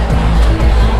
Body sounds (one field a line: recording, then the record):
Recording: background sound without coughing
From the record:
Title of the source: Party Noise 1 Hour Party Ambience